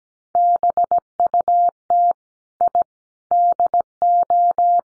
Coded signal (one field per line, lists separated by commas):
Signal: Morse code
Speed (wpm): 17 wpm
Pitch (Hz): 700 Hz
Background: none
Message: BUT I DO